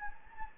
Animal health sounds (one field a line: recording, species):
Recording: mosquito wingbeat signal from an infrared sensor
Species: Anopheles gambiae